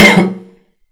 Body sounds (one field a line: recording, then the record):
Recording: coughing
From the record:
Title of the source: Man Coughing Sound - Wet Cough Sound Effect